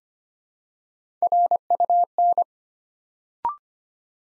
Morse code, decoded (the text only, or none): RUN